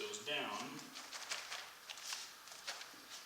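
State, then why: Seated. Someone talks while a click-lock laminate floor plank, set about 3/8 inch from the wall, is angled in and pressed down against the neighbouring plank. A sharp click at 1.9 s marks its edge joint locking into place, and the plank is seated.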